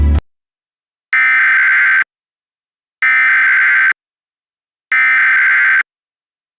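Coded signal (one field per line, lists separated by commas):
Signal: Emergency Alert System (SAME) tones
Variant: header bursts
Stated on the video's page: Reenactment mock EAS alert with valid tones for tornado and severe thunderstorm warnings in Webb County, TX.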